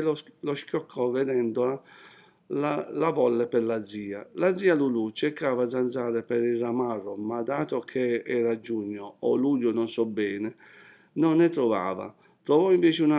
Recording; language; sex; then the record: read passage; Italian; male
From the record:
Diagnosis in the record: healthy control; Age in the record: 60 years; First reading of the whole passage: 60 s, 8.3 characters per second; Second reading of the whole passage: 54 s, 9.4 characters per second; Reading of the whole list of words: 38 s, 7.2 characters per second